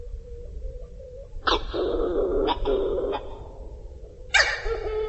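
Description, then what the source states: Hawaiian petrel calls: harsh, nasal harmonic notes in short bursts, with a low steady drone in between and a sharp final call near the end. Recorded in Haleakala National Park.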